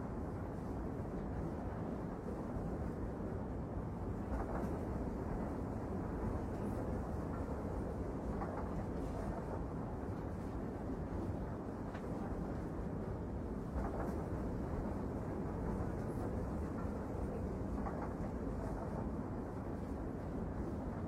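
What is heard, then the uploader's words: A train's steady, dense rumble fills the whole stretch, heavy in the low end with a constant roar that thins out above the middle range. Faint clicks and brief knocks surface every few seconds, around 4, 8, 12 and 14 seconds, over the unchanging drone. Lazy and wonderful train journey. The pleasant sound of the train.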